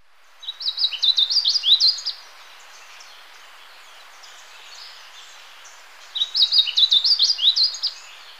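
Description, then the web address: Blue seedeater song: two bright bursts of quick, high, jumbled chirping notes about a second and a half long, separated by a few seconds of quiet background hiss. Recorded in Ecuador. "Birds of Ecuador. Blue Seedeater"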